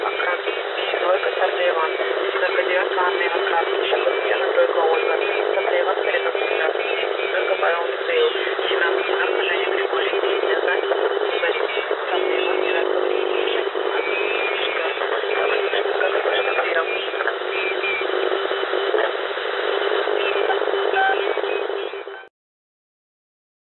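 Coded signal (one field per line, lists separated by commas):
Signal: coded military voice message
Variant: The Pip, Russian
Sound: a voice reading a message continuously over narrow, band-limited shortwave radio audio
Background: radio static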